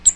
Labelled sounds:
Cape May Warbler flight call

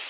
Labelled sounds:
Prairie Warbler flight call

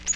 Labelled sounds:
Magnolia Warbler flight call

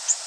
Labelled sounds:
Orange-crowned Warbler flight call

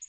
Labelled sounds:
Magnolia Warbler flight call

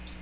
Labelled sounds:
Magnolia Warbler flight call

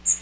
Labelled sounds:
Magnolia Warbler flight call

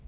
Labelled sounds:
Lucy's Warbler flight call

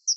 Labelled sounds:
Chestnut-sided Warbler flight call

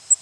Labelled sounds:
Cape May Warbler flight call

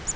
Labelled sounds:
Grace's Warbler flight call

